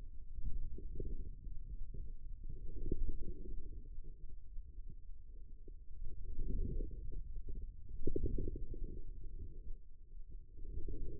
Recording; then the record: forearm muscle sounds (acoustic myography)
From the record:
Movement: ulnar deviation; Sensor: system 2, bracelet of six BSWA MPA416 microphones around the upper forearm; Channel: 3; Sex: female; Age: 25 years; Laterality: right